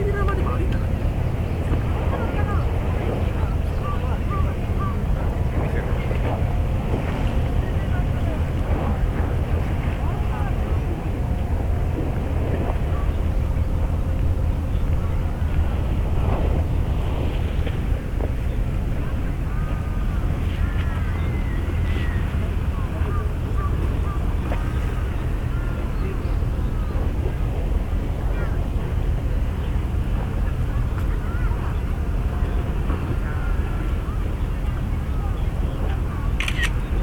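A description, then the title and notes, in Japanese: Harbor ambience at Yokohama Port, carried by a steady, dense low rumble of engines or vessels that holds for the whole recording. Faint voices and short chirping calls float above it, the chirps clustering in the second half, and there are no sharp bright sounds. とある日の横浜港。Mic: Mu6 Lifelike2。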